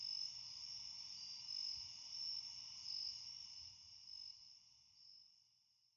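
Cicada song, a steady high-pitched buzzing drone that gradually fades toward the end.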